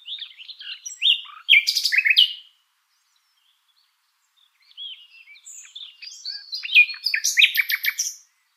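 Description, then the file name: Common nightingale song with rich, rapid rattling trills, a short silence, then a softer run of varied chirps swelling into another loud, repeated-note burst. "Luscinia megarhynchos"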